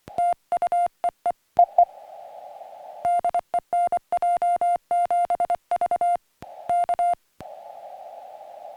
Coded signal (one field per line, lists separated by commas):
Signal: Morse code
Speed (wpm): 24 wpm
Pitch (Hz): 700 Hz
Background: music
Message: TU EE EE DE NJ7V K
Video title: Summits on the Air 2M SSB and CW Contacts on the PackTenna TrekMount